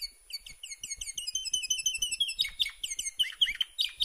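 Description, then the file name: Canary singing a brisk series of repeated chirped syllables that shift into a louder, rolling high trill, with quick varied notes toward the end. "Canary Voice"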